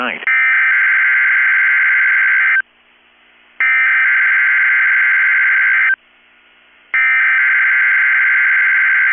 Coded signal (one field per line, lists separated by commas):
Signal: Emergency Alert System (SAME) tones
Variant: header bursts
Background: speech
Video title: 8/16/23 - KEC65 Required Weekly Test (EAS #855)